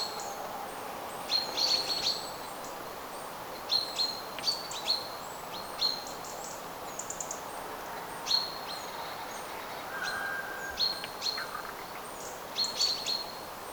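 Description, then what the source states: Common chaffinch calls, short bright high notes repeated in pairs and small clusters throughout, with a brief lower whistle near the end over steady hissing background noise. Several chaffinches giving attention calls, recorded 8 September 2025.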